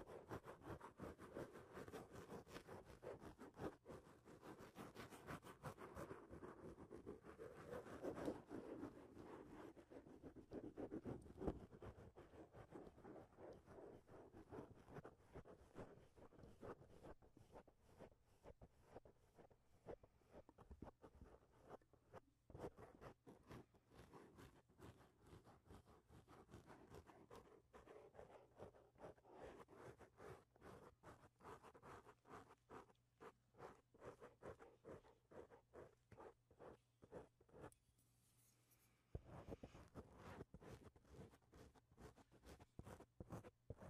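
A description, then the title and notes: Microphone handling noise: a dense run of quick scratchy rubs and taps, heaviest in the first twelve seconds, then lighter and more even with a low steady hum underneath. The rubbing drops out briefly near 22 and 38 seconds, then returns strongly near 39 seconds. Mic touching. Sounds like: corduroys after wash day, getting your jeans drawn on in high school, grooming a Wookiee.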